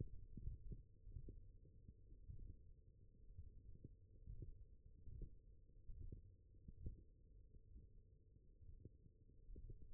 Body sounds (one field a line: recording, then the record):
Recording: forearm muscle sounds (acoustic myography)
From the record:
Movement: index flexion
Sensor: system 1, eight BSWA MPA416 microphones around the upper forearm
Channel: 7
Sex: male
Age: 21 years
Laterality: right